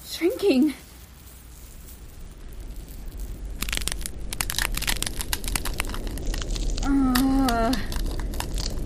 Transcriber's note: Long Moaning